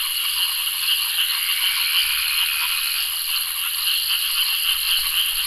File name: zapsplat nature lake night tropical frogs insects water flowing